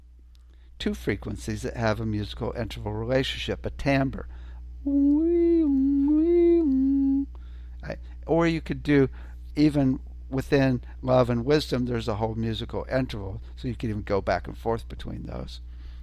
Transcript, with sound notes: two frequencies that have a musical interval relationship, a timbre. (imitates instrument) Right? Or you could do even within love and wisdom, there's a whole musical interval, so you could even go back and forth between those.